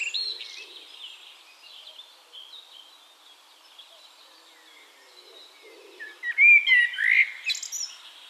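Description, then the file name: Eurasian blackbird: faint bird chatter, then a loud mellow whistled phrase that breaks into high scratchy twittering. "Turdus merula"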